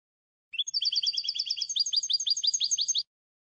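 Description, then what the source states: European goldfinch song of rapid tinkling twitters, shifting to slightly lower, stronger notes near the end, about two and a half seconds long. Clean goldfinch song from a CD, for copying in song training.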